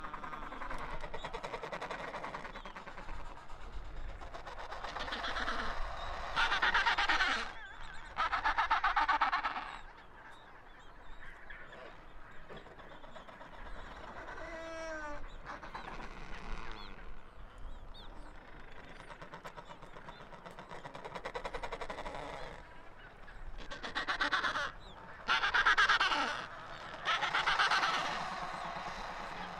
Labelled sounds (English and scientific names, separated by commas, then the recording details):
Adelie Penguin (Pygoscelis adeliae) call
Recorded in the wild
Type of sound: call
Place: Kopaitic Island, Antarctica, AQ
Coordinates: -63.18, -57.55
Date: 2018-12-31
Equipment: Olympus LS-100, Sennheiser ME66
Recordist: Beaulieu, Michaël
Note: In Kolonie von Esels-, Zügel- und Adeliepinguinen. Küken